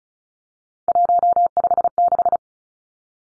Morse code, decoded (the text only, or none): 156